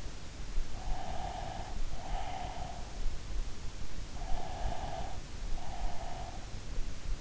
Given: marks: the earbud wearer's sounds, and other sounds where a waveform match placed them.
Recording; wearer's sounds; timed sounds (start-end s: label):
sounds in sleep by an in-ear microphone; breath
1.00-2.94 s: breath
4.33-6.53 s: breath